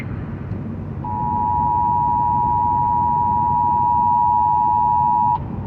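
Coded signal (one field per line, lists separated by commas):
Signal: Emergency Alert System (SAME) tones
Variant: 853 and 960 Hz attention tone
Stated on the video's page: Real Required Monthly Test heard on 830 AM, recorded by phone on a dash mount while driving.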